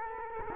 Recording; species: mosquito wingbeat signal from an infrared sensor; Culex quinquefasciatus